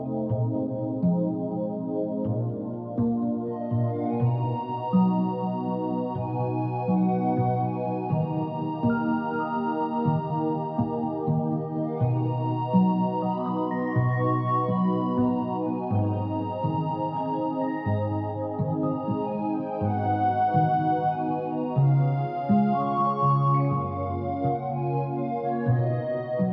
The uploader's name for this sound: OST with rain ambience